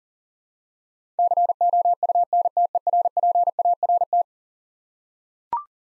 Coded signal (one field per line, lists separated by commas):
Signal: Morse code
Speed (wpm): 40 wpm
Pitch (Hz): 700 Hz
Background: none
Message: COUNTERPART